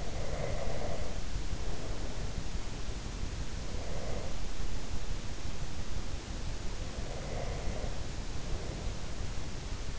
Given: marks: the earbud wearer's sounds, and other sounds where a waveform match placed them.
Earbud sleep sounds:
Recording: sounds in sleep by an in-ear microphone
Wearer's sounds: breath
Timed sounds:
0.00-2.52 s: breath
3.70-4.37 s: breath
7.04-9.01 s: breath

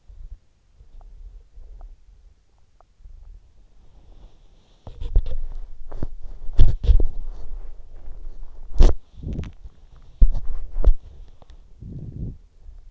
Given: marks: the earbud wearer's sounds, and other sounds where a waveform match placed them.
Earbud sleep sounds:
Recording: sounds in sleep by an in-ear microphone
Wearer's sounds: body movement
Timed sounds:
0.00-12.91 s: body movement

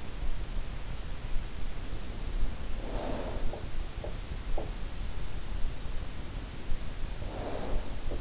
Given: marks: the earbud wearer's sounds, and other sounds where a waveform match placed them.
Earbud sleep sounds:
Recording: sounds in sleep by an in-ear microphone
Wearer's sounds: snoring breath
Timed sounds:
2.77-3.63 s: snoring breath
7.11-7.94 s: snoring breath

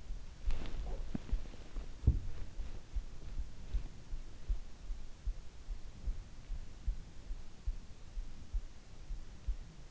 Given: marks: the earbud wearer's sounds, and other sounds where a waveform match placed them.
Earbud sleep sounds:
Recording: sounds in sleep by an in-ear microphone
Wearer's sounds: swallowing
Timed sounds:
0.00-3.05 s: swallowing

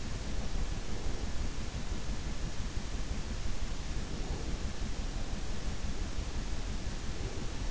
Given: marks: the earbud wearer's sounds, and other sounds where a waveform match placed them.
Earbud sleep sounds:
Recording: sounds in sleep by an in-ear microphone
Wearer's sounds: breath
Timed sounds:
0.72-1.33 s: breath
3.98-4.63 s: breath
7.02-7.67 s: breath

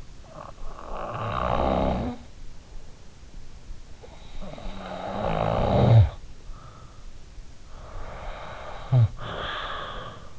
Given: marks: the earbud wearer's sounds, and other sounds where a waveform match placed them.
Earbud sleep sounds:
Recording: sounds in sleep by an in-ear microphone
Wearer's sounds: snoring breath, breath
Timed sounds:
0.00-2.91 s: snoring breath
4.22-6.57 s: snoring breath
7.65-10.39 s: breath

